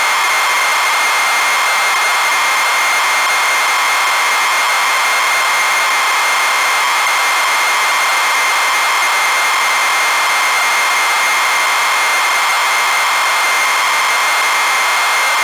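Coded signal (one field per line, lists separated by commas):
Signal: ZX Spectrum tape loading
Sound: continuous harsh rasping hiss with a steady high whine, no breaks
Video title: zx spectrum loading sim city original from a cassette tape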